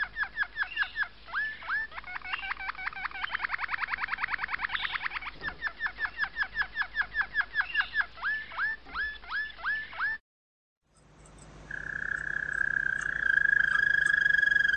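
Domestic canary song: a long run of quick, repeated down-slurred notes with a fast trill in the middle, then a brief silence and a steady whistled tone with faint overtones.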